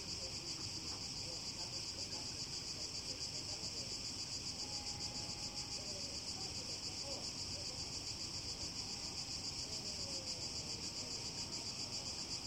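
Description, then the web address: Cicadas in a continuous, high-pitched buzzing drone that holds steady throughout with a faint rapid pulsing, with a few faint low sounds beneath. Recorded in Greece on 29 July 2015. "150729 cigales. grece-072015"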